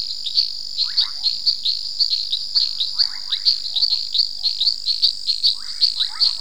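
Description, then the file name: Long-nosed reed frog calling: a rapid series of sharp high clicks, with lower buzzy chirps between them. "Hyperolius nasutus"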